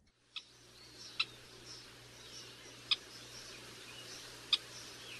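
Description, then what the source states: Western kingbird calls as a few sharp single kip notes spaced well apart, with soft hiss and a low hum throughout. Recorded in North America.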